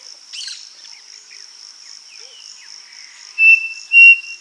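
Bird call: two loud, thin whistled notes near the end, after faint chirps, against a steady, buzzing high insect trill.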